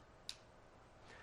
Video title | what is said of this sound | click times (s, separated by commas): Soda Pop Geyser | you should hear a nice little click when you press that | 0.3 s